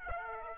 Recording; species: mosquito wingbeat signal from an infrared sensor; Aedes aegypti